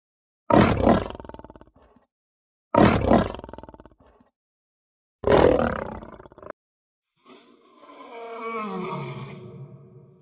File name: Lion